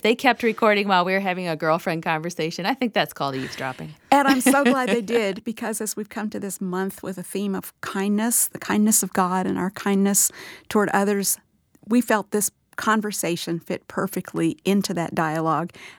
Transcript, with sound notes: If they kept recording while we were having a girlfriend conversation, I think that’s called eavesdropping. (laughter)
And I’m so glad they did, because as we come to this month with a theme of kindness—the kindness of God and our kindness toward others—we felt this conversation fit perfectly into that dialogue.